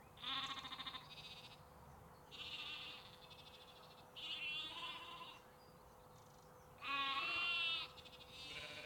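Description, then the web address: Sheep bleating: a series of tremulous bleats of different pitches, with short pauses between them. Sheep and lambs, recorded in UK canals, parks and forests. "Sonniss com - GDC 2023-Game Audio Bundle. UK Canals, Parks Forests Sheeps Lamps"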